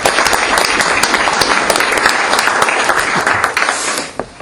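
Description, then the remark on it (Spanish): A crowd at the Universidad de la Tierra claps for the intellectual Gustavo Esteva in a dense, sustained burst of applause, loud throughout and thinning out near the end as the clapping fades. “Pues igual les pido un aplauso para él.”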